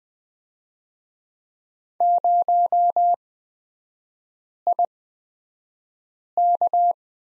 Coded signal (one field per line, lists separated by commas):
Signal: Morse code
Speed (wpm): 20 wpm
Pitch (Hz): 700 Hz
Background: none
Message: 0IK